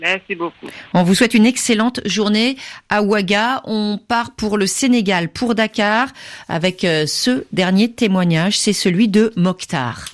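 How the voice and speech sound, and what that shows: An adult radio host speaks fluently in French in a smooth, steady voice with short pauses between phrases.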